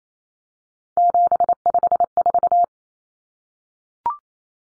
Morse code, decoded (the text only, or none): 754